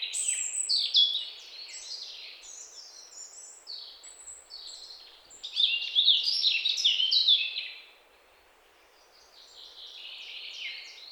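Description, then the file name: European robin singing high, sweet, tumbling phrases of trills and thin whistles, a short silence, then a quieter, softer phrase. "Erithacus rubecula"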